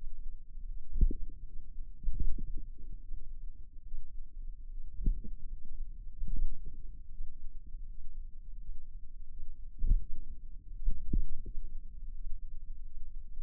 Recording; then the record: forearm muscle sounds (acoustic myography)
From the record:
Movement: finger pinch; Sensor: system 2, bracelet of six BSWA MPA416 microphones around the upper forearm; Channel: 4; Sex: female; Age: 23 years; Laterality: right